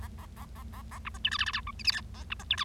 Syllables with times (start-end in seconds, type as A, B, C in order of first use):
0.00-0.07 A, 0.18-0.25 A, 0.36-0.45 A, 0.55-0.63 A, 0.73-0.82 A, 0.91-0.98 A, 1.05-1.09 B, 1.14-1.18 C, 1.24-1.29 D, 1.31-1.37 E, 1.39-1.45 F, 1.46-1.51 F, 1.53-1.60 G, 1.67-1.71 H, 1.79-1.82 I, 1.84-1.91 J, 1.92-2.00 K, 2.14-2.23 A, 2.30-2.34 B, 2.39-2.44 C, 2.50-2.56 D, 2.58-2.64 E